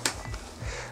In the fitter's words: до щелчка вот здесь срабатывает фиксатор